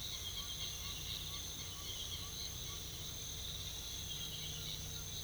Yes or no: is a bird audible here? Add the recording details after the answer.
yes. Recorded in pastures near Puerto Asís, Putumayo, Colombia, on 21 December 2024 at 05:30. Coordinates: 0.486, -76.323. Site GP01